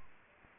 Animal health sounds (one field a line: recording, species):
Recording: mosquito wingbeat signal from an infrared sensor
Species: Aedes aegypti